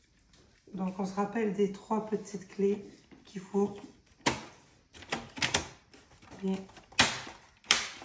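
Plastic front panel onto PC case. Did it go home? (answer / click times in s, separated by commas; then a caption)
yes / 7.0 s, 7.7 s. Someone talks as the removed plastic front panel of a PC case is pressed back onto the case, with a few handling knocks along the way. Its plastic clips snap in with sharp clicks at 7.0 s and 7.7 s, and the panel is seated in place.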